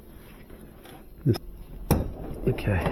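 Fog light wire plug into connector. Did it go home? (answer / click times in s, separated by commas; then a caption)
yes / 1.9 s. A fog light wire plug is hooked into its connector in the factory fog light wiring of a 2012 Scion iQ. A sharp click at 1.9 seconds shows the connector seating. Someone talks briefly afterward.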